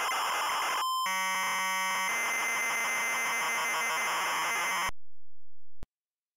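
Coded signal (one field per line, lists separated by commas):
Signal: ZX Spectrum tape loading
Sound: short hiss, brief steady tone, then about four seconds of harsh buzzing data screech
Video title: Higuain a un paso del Barcelona (ZX Spectrum) - Loading screen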